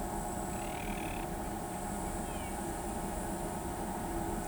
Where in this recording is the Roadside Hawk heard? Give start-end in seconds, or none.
none